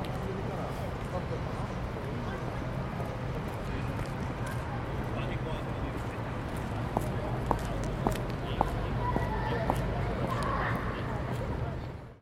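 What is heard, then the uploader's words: Students pass through an open quad, their voices blending into a steady, dense murmur with a low hum underneath. From about seven seconds on, sharp clicks or footsteps land at a quick, fairly regular pace, with a brief higher voice near ten seconds. Sounds of UCL: North observatory. Students passing through the Quad by the North Observatory.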